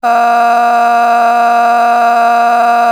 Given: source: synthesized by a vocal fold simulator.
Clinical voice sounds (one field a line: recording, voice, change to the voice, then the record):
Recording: sustained vowel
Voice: female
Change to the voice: a random mix of aspiration noise, stiffness perturbation and strain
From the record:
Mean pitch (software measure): 236 Hz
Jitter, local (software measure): 1.31%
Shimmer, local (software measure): 8.2%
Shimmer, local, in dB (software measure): 0.72 dB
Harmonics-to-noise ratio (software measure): 15.7 dB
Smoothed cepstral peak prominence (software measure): 14.8 dB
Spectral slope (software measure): -17.9 dB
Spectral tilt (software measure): -9.0 dB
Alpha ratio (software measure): -8.4 dB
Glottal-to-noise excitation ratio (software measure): 0.895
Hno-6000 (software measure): 1.9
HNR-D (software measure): 37.0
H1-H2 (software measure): -2.1 dB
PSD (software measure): 6.1e-05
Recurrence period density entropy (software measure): 0.115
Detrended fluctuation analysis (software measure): 0.0111